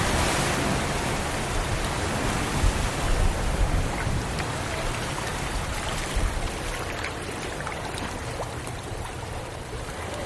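Waves wash steadily against the shore in a dense, continuous hiss, with a soft low rumble beneath. Small bubbling and splashing bursts stand out around the third and sixth seconds, and the wash eases slightly toward the end. No gull calls are clearly picked out.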